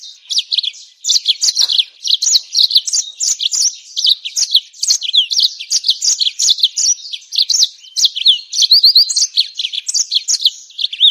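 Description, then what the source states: Bird song, an unbroken run of rapid, high, chattering warbles with a short buzzy trill near the end. Masteran: training songs for cage birds.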